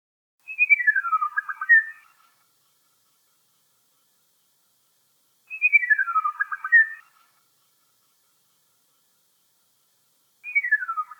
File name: little shrike thrush